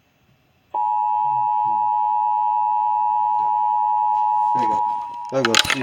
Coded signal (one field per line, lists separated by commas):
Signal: Emergency Alert System (SAME) tones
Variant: 853 and 960 Hz attention tone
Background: speech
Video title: THUNDERSTORMS AGAIN... EAS Alerts from 3/21/24 (EAS#830 - #870)